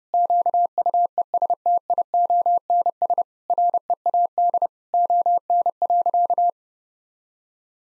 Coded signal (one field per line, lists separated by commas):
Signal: Morse code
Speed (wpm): 30 wpm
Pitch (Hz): 700 Hz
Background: none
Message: QUESTIONS READ ON.